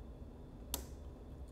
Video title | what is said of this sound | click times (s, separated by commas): How to Design an Unpickable Lock | nice click out of five we're going to go back to one whenever you hear a click you can just reset | 0.7 s